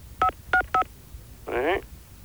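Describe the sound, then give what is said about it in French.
Three short, dual-toned telephone beeps of an incoming call on line 2 sound in quick succession, crisp and clear, followed by a brief snatch of a voice. “Attendez, on essaye de nous joindre sur les lignes 2, hein. Ne quittez pas.”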